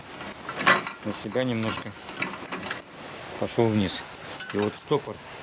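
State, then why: Not seated. The folding leg of a metal Makita DEAWST05 miter saw stand is handled and pushed down while someone talks, with a few brief light mechanical ticks among the speech. The leg's spring locking stop has not clicked into its next position yet, and nothing has seated.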